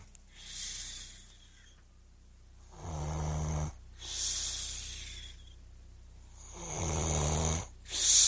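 Snoring in an adult sleeper: two loud, low-pitched rattling snores on the in-breath alternate with quieter, breathy, hissing out-breaths.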